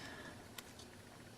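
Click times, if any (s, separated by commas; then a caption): 0.6 s. Batteries are snapped into the battery holder of an EVILTO starburst light unit while the unit's button is held down. A single soft click sounds at 0.6 s against faint background hiss. The batteries end up only partly seated in the holder.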